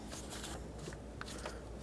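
A new thermostat with its rubber gasket fitted, pressed on so the housing won't leak coolant, is slid into the metal thermostat housing of a 2005-2010 Pontiac G6 engine cooling system. A sharp knock at 1.2 s is heard as it drops in and seats.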